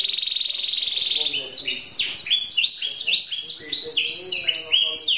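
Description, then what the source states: Canary song: a fast, even high trill for over a second, then a run of quick sweeping notes repeated in rapid bursts, bright and continuous. Champion singing canary.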